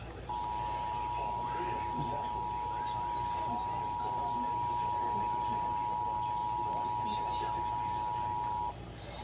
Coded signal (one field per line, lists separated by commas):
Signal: Emergency Alert System (SAME) tones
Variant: 853 and 960 Hz attention tone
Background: speech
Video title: (EAS #179) Tornado Watch #424